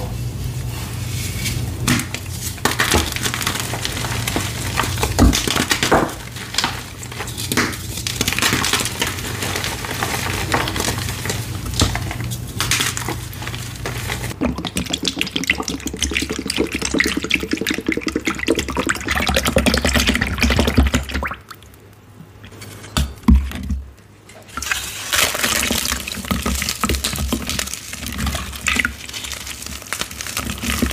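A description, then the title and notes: Chalk being crushed with baby oil gives dense, crackling, squishing noise throughout, shifting tone near 14 seconds and briefly dropping out around 21 seconds. Baby Oil Gym Chalk Crushing Compilation.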